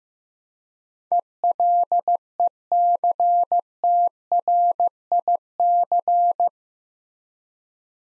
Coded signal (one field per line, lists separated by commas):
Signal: Morse code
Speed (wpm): 15 wpm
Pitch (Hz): 700 Hz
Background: none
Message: ELECTRIC